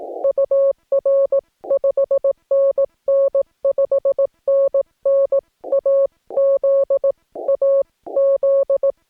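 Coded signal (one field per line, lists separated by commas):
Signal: Morse code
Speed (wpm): 17 wpm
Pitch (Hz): 560 Hz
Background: music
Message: UR 5NN 5NN AZ AZ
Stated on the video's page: CW park activation pile-up on 15 meters, Yaesu FT-891 at 25 watts, US Morse paddles, 17-ft whip antenna.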